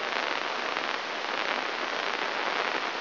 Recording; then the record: brain microelectrode recording played as sound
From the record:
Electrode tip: inside the subthalamic nucleus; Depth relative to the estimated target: -1 mm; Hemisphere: right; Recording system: AlphaMap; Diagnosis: Parkinson's disease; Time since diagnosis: 24 years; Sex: male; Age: 67 years